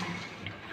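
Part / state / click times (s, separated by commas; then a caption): handle latch on the lid of a home flour mill / seated / 0.5 s. The handle latch on the lid of a home flour mill is locked into place by hand, giving a short sharp click at 0.5 s over a low, steady background noise. A louder burst of sound follows at the very end. The handle is locked and seated.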